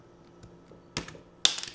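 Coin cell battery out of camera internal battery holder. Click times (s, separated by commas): 1.4 s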